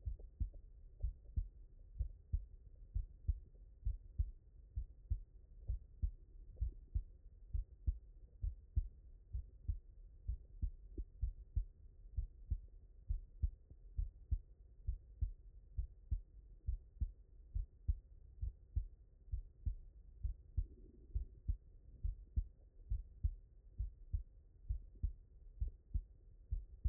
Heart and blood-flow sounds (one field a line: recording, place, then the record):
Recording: heart sounds by stethoscope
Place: mitral valve (MV)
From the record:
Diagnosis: non-HFrEF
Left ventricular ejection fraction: 58%